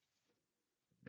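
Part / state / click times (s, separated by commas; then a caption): action figure waist section into the internal chest pegs / seated / 1.1 s. During the transformation of a Transformers Studio Series Predacon Scorponok action figure, the plastic waist section is pushed so its tabs slot onto pegs in the internal chest. After a quiet stretch with faint handling noise, a short, sharp click sounds at 1.1 s as the waist section snaps into place, seated.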